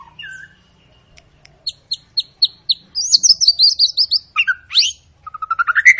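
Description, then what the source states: White-rumped shama song: a short whistle, a string of evenly spaced high notes, a rapid sweet trill, then a quick run of rising notes. Long continuous lure song of a vigorously singing (gacor) bird, used to prompt other shamas to sing.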